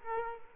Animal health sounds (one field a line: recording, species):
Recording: mosquito wingbeat signal from an infrared sensor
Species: Culex quinquefasciatus